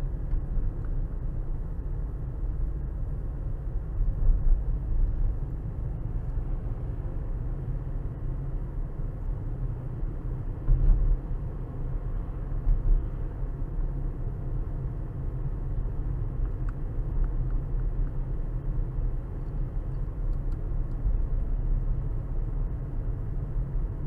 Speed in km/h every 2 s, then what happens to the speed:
40, 39, 39, 40, 44, 45, 45, 45, 45, 45, 44, 44.
0-5 steady at about 39. 5-10 speeds up to 45. 10-24 steady at about 45.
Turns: none.